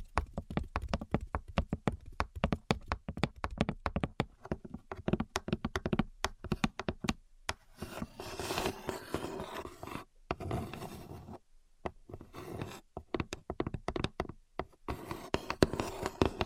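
Rapid tapping fills the first half, a dense run of sharp, bright knocks with uneven spacing. Around eight to ten seconds it gives way to rough, continuous scratching, then brief silences, and the clip ends with more scratching mixed with scattered taps.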